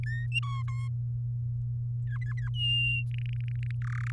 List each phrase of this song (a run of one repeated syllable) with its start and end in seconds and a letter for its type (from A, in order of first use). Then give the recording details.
0.06-0.27 A, 0.32-0.62 B, 0.67-0.88 C, 2.07-2.49 D, 2.53-3.04 E, 3.11-3.71 F, 3.82-4.11 G. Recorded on 7 May 2018 at 17:10. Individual llb16